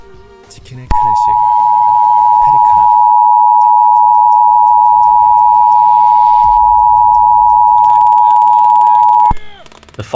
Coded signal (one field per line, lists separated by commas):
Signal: Emergency Alert System (SAME) tones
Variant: 853 and 960 Hz attention tone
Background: speech, music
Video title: EAS Scenario: The War Machine